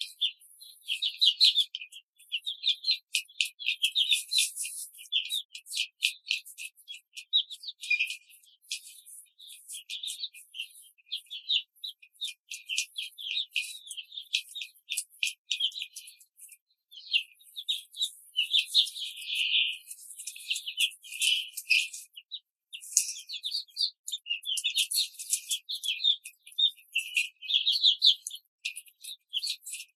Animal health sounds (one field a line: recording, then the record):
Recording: young laying hens in a cage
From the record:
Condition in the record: control cage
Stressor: none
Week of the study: 5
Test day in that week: 1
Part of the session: 3